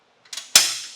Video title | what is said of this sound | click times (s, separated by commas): Setting up the RockyMounts MonoRail Bike Rack for 2 Bikes on your 2024 Mitsubishi Outlander | and lift up on the carrier until it clicks into place | 0.6 s